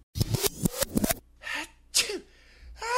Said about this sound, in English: Who's having a sneezing fit?